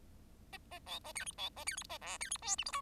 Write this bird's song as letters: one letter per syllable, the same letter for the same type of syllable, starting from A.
A A B A C D B A C D A E C D F G H I